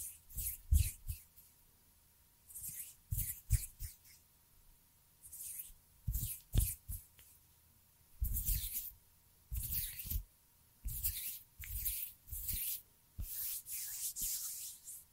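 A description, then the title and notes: Finger fluttering and hand sounds come in soft, bright rustling bursts every second or two, with low thumps and a faint steady hum. ASMR Finger Fluttering With Anticipatory Trigger And Hand Sounds (No Talking).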